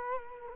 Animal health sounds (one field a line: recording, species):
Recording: mosquito wingbeat signal from an infrared sensor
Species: Culex quinquefasciatus